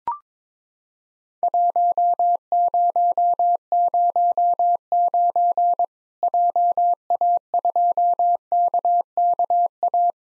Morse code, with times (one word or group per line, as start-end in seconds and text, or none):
1.4-5.8 1009
6.2-10.1 JA2KKA